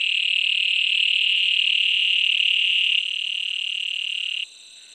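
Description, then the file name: Granular toad chorus: continuous fast trilling, buzzy and even, with one caller stopping after three seconds and another near the end, a faint high whine throughout. "Bufo granulosus"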